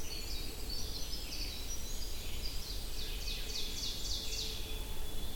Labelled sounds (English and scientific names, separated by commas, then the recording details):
Ovenbird (Seiurus aurocapilla) song
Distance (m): 60 m
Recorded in boreal forest in Alberta, Canada, on 22 June 2016 at 05:34
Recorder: SongMeter 3, array SBT-6-76
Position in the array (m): 150 m, 110 m
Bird 3